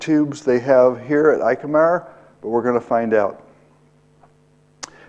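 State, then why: Seated. A plastic obturator is pushed into a tracheostomy tube while someone talks over a low steady hum. After the talking stops, there is a faint tick at 4.2 seconds, and then a sharp, very short click at 4.8 seconds as the obturator snaps into place in the tube.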